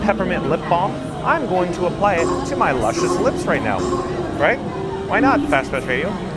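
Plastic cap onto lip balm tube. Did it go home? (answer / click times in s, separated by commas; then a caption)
no / none. A plastic cap is being handled over a tube of organic peppermint lip balm, but nothing has seated or clicked yet. Someone talks throughout over music and a steady background hum.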